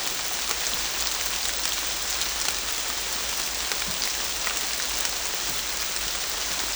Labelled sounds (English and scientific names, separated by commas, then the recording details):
none
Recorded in dense forest near Puerto Asís, Putumayo, Colombia, on 21 December 2024 at 11:00
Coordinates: 0.485, -76.318
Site GP03